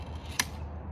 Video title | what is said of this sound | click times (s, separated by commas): Anymaka Hammock Chair 🌴 Portable Comfort Anywhere! | Did you hear that click? | 0.4 s